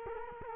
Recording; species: mosquito wingbeat signal from an infrared sensor; Culex quinquefasciatus